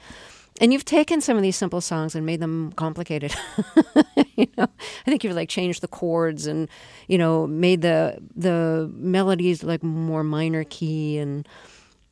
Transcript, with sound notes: And you've taken some of these simple songs and made them complicated.
(LAUGHTER)
You know, I think you like changed the chords and, you know, made the melodies like more minor key and,